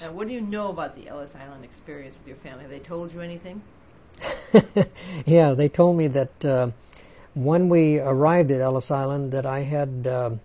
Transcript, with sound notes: What do you know about the Ellis Island experience with your family? Have they told you anything?
( he laughs ) Yeah. They told me that when we arrived at Ellis Island that I had,